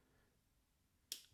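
A Foreversteel Alkaid folding knife's blade assembly is rotated so its lugs drop down into the handle's cutouts and lock in place. After a quiet stretch, one sharp, bright snap sounds at 1.1 seconds, and the blade is seated and locked.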